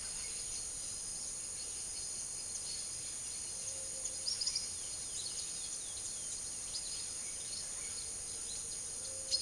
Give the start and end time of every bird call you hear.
4.11s-9.42s: bird call

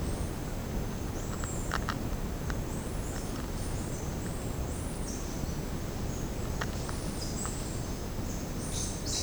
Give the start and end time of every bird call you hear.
0.00s-0.58s: bird call
1.14s-1.77s: bird call
2.70s-5.73s: bird call
6.88s-7.87s: bird call
8.51s-9.22s: bird call

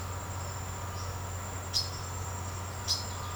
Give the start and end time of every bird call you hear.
1.71s-1.96s: bird call
2.83s-3.02s: bird call

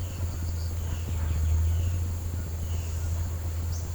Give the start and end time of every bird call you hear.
0.00s-1.95s: bird call
2.63s-2.88s: bird call
3.67s-3.86s: bird call

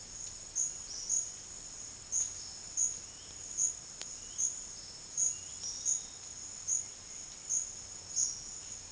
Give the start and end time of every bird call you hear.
3.03s-3.33s: bird call
4.19s-4.49s: bird call
5.28s-6.19s: bird call

